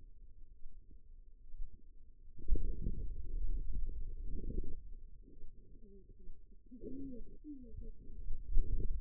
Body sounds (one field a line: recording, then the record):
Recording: forearm muscle sounds (acoustic myography)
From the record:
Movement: pen grasping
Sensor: system 2, bracelet of six BSWA MPA416 microphones around the upper forearm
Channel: 3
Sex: female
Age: 25 years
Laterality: right